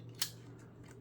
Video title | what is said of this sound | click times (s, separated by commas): HP Probook G1 455 Teardown [sorry about the screwdriver] | and put that in. Make sure it clicks. | 0.2 s